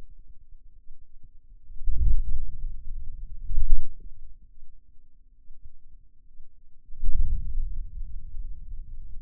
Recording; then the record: forearm muscle sounds (acoustic myography)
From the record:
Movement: wrist flexion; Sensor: system 2, bracelet of six BSWA MPA416 microphones around the upper forearm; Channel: 5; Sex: male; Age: 22 years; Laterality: right